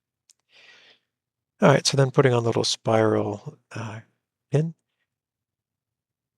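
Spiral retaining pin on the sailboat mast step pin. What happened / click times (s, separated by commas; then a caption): No seating click; the part is being handled and has not snapped home yet / none. Someone handles a small spiral (split-ring) retaining pin, fitting it onto the mast step hinge pin of a 1989 MacGregor 26D sailboat. A brief faint tick and soft handling noise are followed by someone talking. Nothing has seated or clicked yet.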